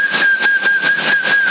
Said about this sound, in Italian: Chi stava fischiando?